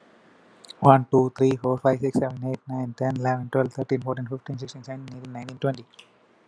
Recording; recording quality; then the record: counting at a normal pace; excellent, no background noise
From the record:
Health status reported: COVID-19 positive, mild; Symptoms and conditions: cough, sore throat, fever, muscle pain, loss of smell and taste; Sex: male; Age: 38 years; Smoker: not ticked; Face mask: not worn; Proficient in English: yes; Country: India